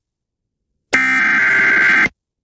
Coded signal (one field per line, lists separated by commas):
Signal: Emergency Alert System (SAME) tones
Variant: header bursts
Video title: Svr eas#154